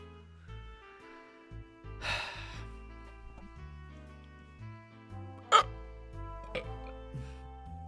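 Soft background music plays throughout. Over it come a few brief, abrupt bursts from an adult: a breathy rush early on, then one sharp, louder catch and a smaller one after it. These fit hiccups or small burps.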